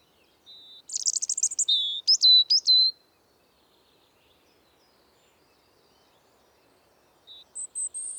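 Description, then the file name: European robin song with a soft introductory note, a rapid high trill, and sharp clear whistles, then quiet before another thin, high phrase begins. "Erithacus rubecula"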